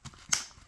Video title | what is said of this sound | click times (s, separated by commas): WALMART OZARK TRAIL 3500 TACKLE BAG | It snaps into place, | 0.3 s